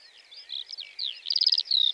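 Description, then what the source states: Lark song fragment: a few slurred whistles, then a quick stuttering trill and a final drawn-out whistle. Sings perched atop a bush before full daybreak, for about a quarter hour before flying off; Plateau de Lesches-en-Diois, 29 March 2020; Nagra Seven, stereo, cardioid MKH40.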